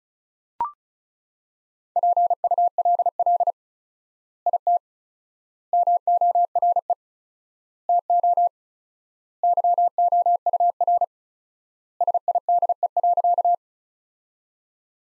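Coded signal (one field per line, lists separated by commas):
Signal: Morse code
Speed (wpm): 36 wpm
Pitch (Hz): 700 Hz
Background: none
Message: PULL IT MORE TO YOUR SIDE.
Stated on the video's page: Morse practice of sentences built from the top 400 words, sent at 35 wpm with 4x standard word spacing, a Farnsworth-like method applied to words.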